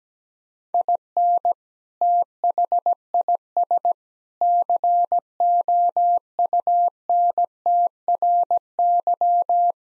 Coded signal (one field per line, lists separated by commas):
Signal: Morse code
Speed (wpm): 17 wpm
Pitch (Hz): 700 Hz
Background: none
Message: IN THIS COUNTRY